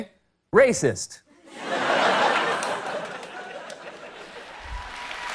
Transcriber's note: laughter